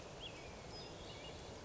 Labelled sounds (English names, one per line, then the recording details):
American Robin
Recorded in Sonoma County, California